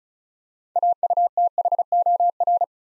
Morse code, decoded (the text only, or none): AUTHOR